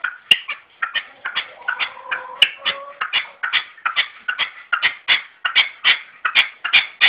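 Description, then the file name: Red-legged partridge rhythmic rasping calls, repeated chuk notes in a steady run, with a brief lower tonal sound midway. "perdiz roja-sonido"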